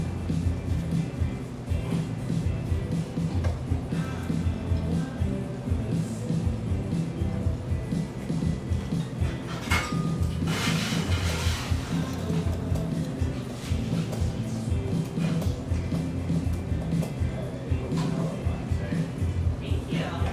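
Café ambience: a dense, steady wash of overlapping voices and low rumble fills the whole stretch without letup. Brighter clattering flares up around the ten-to-twelve-second mark, like dishes or cups, with smaller clinks scattered elsewhere.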